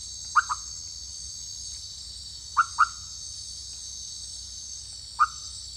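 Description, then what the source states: Leptodactylus frog uttering short, punchy croaks, mostly in pairs, with gaps of about two seconds, over a steady high hum. Recorded in French Guiana.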